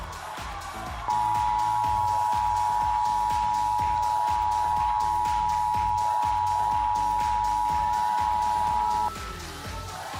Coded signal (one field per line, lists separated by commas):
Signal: Emergency Alert System (SAME) tones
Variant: 853 and 960 Hz attention tone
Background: music